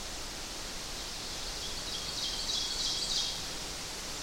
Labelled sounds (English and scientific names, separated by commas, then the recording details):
Ovenbird (Seiurus aurocapilla) song
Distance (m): 35 m
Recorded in boreal forest in Alberta, Canada, on 8 June 2016 at 05:53
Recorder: SongMeter 3, array SBT-3-9
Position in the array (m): 108 m, 104 m
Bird 34